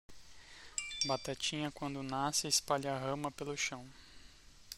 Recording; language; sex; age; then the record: short text; Brazilian Portuguese; male; 30 to 39 years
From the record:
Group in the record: control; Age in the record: 34 years